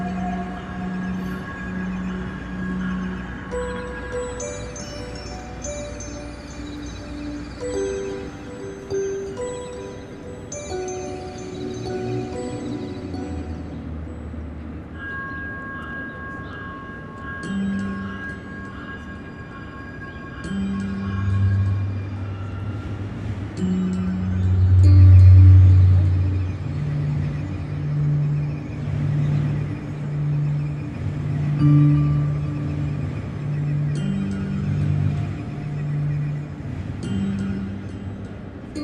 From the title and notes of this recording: In the heart of downtown Minneapolis lies a playable public sound installation in the form of Sidewalk Harp . This 40-foot-long stainless steel wave resonates with ethereal tones as commuters and passersby pluck the strings through light beam sensors.